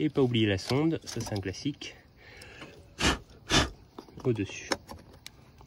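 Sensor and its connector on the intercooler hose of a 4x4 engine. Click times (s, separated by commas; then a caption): 5.3 s. On a Defender 4x4 engine, the sensor and its connector are refitted on top of the intercooler silicone hose while someone talks. The sensor is pushed in, and its plastic safety clip snaps home with a sharp click at 5.3 s, confirming the connector is seated.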